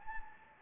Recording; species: mosquito wingbeat signal from an infrared sensor; Anopheles gambiae